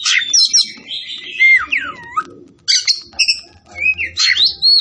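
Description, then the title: Oriental magpie-robin singing a rich, rapid medley of high whistles, harsh buzzes and downward-sweeping slurs, with brief gaps between bursts. Tretes variety, singing vigorously (gacor). "Kacer Tretes"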